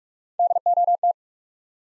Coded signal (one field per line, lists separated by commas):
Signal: Morse code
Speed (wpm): 43 wpm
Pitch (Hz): 700 Hz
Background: none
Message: DOT